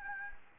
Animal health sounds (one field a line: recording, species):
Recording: mosquito wingbeat signal from an infrared sensor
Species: Anopheles gambiae